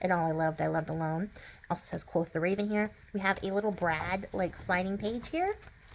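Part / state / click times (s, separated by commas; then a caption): sliding paper page closing onto a magnet in a journal / not seated / none. Someone talks while handling a brad-guided sliding page in a handmade paper journal, a page that slides closed and is held shut by a small magnet. Between the words there are faint paper handling sounds. Nothing has seated or clicked yet, because the page has not snapped shut onto the magnet.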